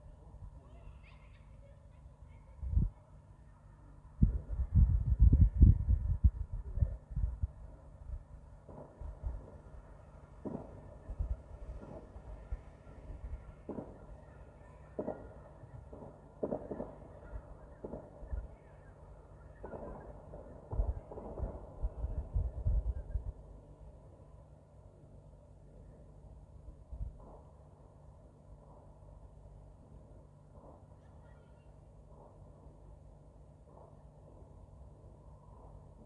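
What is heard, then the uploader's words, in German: New Year's Eve fireworks: sharp, deep bangs and crackles, thickest in a dense flurry around five to seven seconds. Scattered pops keep coming with another cluster near twenty seconds, then they thin to occasional soft reports over a steady low rumble. Silvesternacht: Feuerwerk und Freude.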